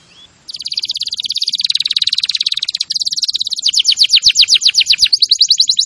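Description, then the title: Canary delivering a dense buzzy trill that changes into louder, slower rolling notes repeated several times a second. Canary singing vigorously and continuously (gacor). "Kenari Gacor 10"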